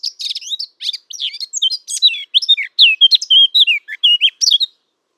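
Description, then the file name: Eurasian blackcap song: a lively, unbroken warble of rapid chirps sliding into clearer whistled, looping notes over about five seconds. "Sylvia atricapilla"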